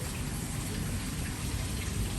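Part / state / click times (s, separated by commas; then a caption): wiper blade adapter onto wiper arm hook / not seated / none. A wiper blade's plastic adapter is hooked onto the metal hook of a wiper arm on a Toyota Vios and positioned before being pushed into the lock. Steady broadband noise like rain fills the clip, with no distinct sudden sounds. Nothing has clicked or locked yet.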